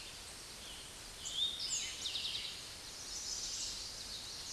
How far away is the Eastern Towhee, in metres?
about 40 m